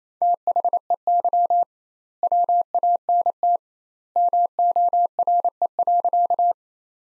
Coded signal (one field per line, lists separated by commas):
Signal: Morse code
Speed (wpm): 28 wpm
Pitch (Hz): 700 Hz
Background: none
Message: THEY WANT MORE.